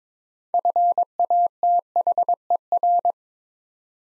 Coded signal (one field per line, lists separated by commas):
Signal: Morse code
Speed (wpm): 21 wpm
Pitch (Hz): 700 Hz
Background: none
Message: FATHER